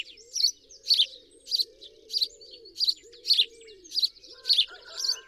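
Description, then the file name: House sparrow uttering bright chirps roughly twice a second, with a faint low warble and a few thin whistled notes near the end. "Passer domesticus"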